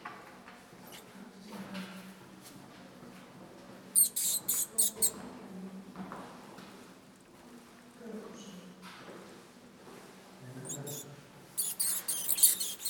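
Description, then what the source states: Bat squeaks, brief high chittering bursts near four seconds and again around twelve seconds, over a low steady hum. Soundscape.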